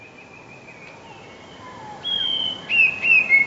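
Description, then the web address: Eurasian blue tit singing: faint steady whistles at first, then a clearer high sustained note and short, slightly falling lower whistled phrases near the end. "wroblowe teka 2 spiew 2. wroblowe teka modraszkoteka"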